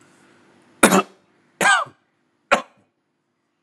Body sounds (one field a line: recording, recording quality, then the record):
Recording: shallow voluntary cough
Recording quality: excellent, no background noise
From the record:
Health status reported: healthy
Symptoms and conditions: cough, cold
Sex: male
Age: 52 years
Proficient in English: yes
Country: India